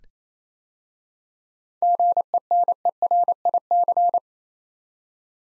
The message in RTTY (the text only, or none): none